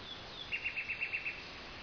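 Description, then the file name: Common nightingale song: a quick series of seven identical high, clipped notes, evenly repeated within a second, over a steady hiss of background noise. "usignolo"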